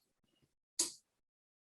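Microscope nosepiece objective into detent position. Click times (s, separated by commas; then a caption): 0.8 s. A microscope nosepiece is rotated clockwise until the 4x objective clicks into its detent position, lining up at the front. A few faint low handling taps come first, then one sharp, bright click at 0.8 s that rings briefly before fading by about 1.0 s. The 4x objective is seated in its detent.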